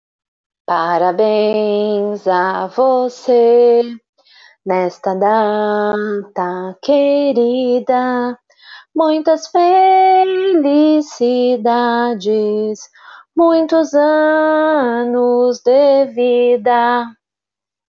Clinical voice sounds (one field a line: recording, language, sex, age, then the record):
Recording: short text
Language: Brazilian Portuguese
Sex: female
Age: 40 to 49 years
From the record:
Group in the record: control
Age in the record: 43 years